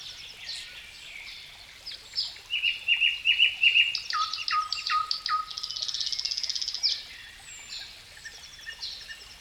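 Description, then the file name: Nightingale singing a row of sharp repeated notes, then a low steady whistle broken into pulses, followed by a fast rattling trill. Nightingale singing in natural woodland forest beside a water stream. "Dauzkobza Natural Woodland Forest Water Stream Nightingale Birds"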